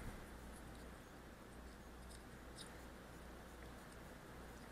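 A component of a quadcopter is handled as it is put back in its place in a new CNC frame, ahead of being pressed in at two points. Only a steady low hum and faint, scattered soft ticks are heard. Nothing has seated or clicked yet.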